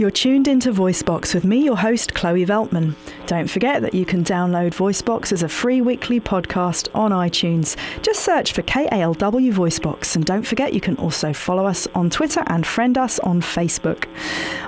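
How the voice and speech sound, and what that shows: An adult woman, the host of the KALW radio show VoiceBox, speaks fluently and clearly in a bright, well-projected broadcast voice, delivering show promos at a brisk, even pace with lively pitch movement and only brief pauses. Voice quality and articulation are typical, with no disordered features.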